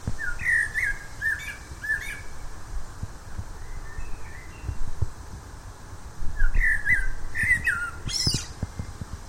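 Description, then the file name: Common blackbird song, short fluted warbled phrases early on, a pause, then more warbles ending in a shrill high twitter, over a low steady rumble. "Turdus merula"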